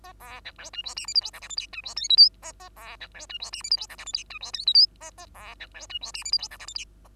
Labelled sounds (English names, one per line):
Bengalese Finch song